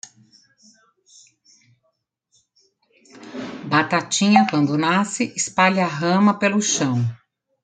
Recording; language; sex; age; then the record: short text; Brazilian Portuguese; female; 50 to 59 years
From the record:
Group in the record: control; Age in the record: 54 years